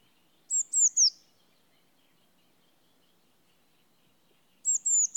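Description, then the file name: Eurasian blue tit: three high, thin, falling notes, a long quiet pause, then the same falling notes start again. "Cyanistes caeruleus"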